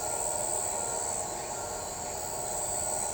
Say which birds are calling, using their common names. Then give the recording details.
none. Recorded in shrubland near Pivijay, Magdalena, Colombia, on 15 April 2023 at 23:30. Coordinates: 10.453, -74.365. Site P5-G022